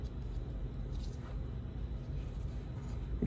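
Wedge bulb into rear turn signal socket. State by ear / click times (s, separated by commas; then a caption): seated / 3.2 s. A replacement wedge bulb for the rear turn signal of an early Jeep Grand Cherokee WK2 is pressed into its plastic socket with fingers holding the ends of the glass bulb. Steady low rumbling background noise runs until a short, sharp click at 3.2 s. The bulb is seated in the socket.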